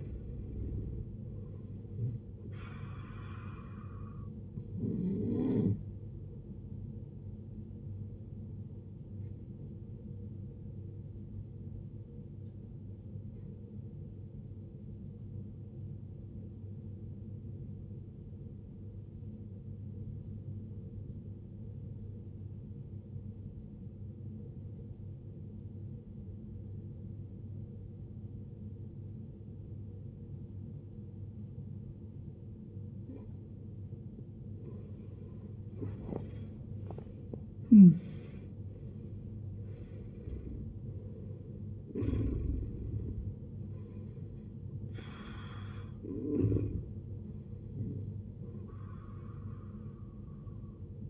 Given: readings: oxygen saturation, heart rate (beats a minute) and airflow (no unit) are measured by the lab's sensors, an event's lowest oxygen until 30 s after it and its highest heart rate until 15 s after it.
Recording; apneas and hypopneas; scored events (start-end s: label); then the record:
breathing in sleep by a smartphone at the bedside; 1
14.00-35.50 s: obstructive apnea (N1, oxygen 94% highest, then 79% lowest, heart rate 63 at the start, 81 highest)
14.00-51.10 s: new sleep stage, N2 (light sleep)
From the record:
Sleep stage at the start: N1 (lightest sleep); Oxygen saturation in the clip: 75 to 94%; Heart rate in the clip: 54 to 81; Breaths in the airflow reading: 9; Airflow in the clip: -20.4 to 19.1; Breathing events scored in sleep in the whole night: 389 in 6.3 hours asleep